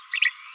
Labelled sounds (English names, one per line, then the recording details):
Green-rumped Parrotlet babbling
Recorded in a nest box in Venezuela
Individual 18B25A4